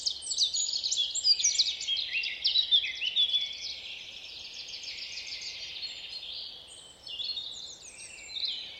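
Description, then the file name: Eurasian blackcap song: dense, hurried warble of bright high notes, strongest in the first three seconds, then a softer continuous twittering with two brief renewed bursts. "Sylvia atricapilla"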